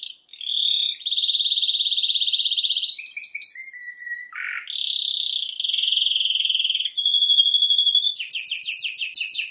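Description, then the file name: Canary song with sustained rolling trills, a few lower slurred notes, then a steady whistled roll and a final run of rapid chirps. "Canary Voice"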